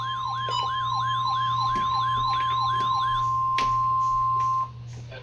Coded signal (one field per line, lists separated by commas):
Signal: Emergency Alert System (SAME) tones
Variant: 1050 Hz attention tone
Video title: eas alerts from April 15 2024 (read description)